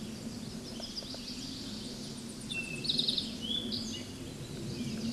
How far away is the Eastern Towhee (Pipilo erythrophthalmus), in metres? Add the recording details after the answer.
about 20 m. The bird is about 15 m above the microphone. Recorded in a Pennsylvania forest on 16 May 2024 at 08:59. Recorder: AudioMoth, point MSD-1534. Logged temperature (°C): 15.6 °C. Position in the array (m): 54 m, 24 m